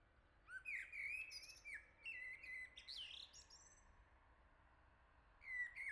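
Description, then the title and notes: Common blackbird singing rich, fluting, wavering whistles run together into a long phrase with high squeaky flourishes, then a new phrase beginning. "Le Merle salue l'été, 3 Gd Rue de Chassagne, 17220 La Jarrie, France. Quel Sol!!!! pour saluer l'arrivée de l'été ce matin! Merci Jolie Merle de tes vocalises à proximité!"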